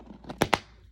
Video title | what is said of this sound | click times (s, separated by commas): Fall Craft Fair Series 2025 - Easy Kits From Amazon | it just snaps, actually. Snaps right in place. | 0.4 s, 0.5 s